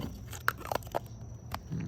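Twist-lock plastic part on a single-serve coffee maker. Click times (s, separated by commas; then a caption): 0.5 s. A plastic twist-lock part on a new Keurig K Supreme Smart single-serve, multi-stream coffee maker is twisted until it locks in place. Among several small plastic clicks and rattles, a sharp click at 0.5 s marks it seating, followed by another click near 1.5 s. The part is locked in place.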